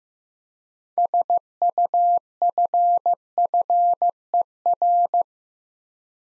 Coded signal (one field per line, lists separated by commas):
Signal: Morse code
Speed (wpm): 15 wpm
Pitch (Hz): 700 Hz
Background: none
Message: SUFFER